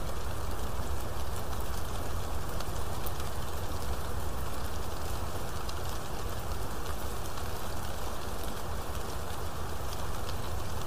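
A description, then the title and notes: Rain falls in a steady, dense hiss with a deep rumbling low end and scattered bright ticks of drops, unchanging throughout. Rain And Thunder.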